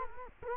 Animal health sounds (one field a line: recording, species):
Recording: mosquito wingbeat signal from an infrared sensor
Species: Culex quinquefasciatus